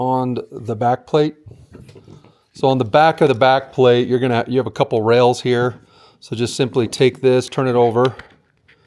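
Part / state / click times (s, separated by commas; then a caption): rifle holder lock onto backpack back plate rails / not seated / none. A rifle holder lock is being handled and turned over to fit onto the rails on the back of a backpack frame's back plate for the Mystery Ranch Pintler Quick Draw Rifle System. Someone talks through most of the clip, and a few faint, sharp ticks come near the end. Nothing has seated or clicked yet; the lock has not snapped onto the rails.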